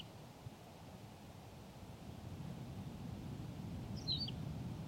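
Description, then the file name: Tawny pipit giving one quick, high, twisting song phrase near the end, set against continuous low-pitched background rumble. "Pipit rousseline Anthus campestris"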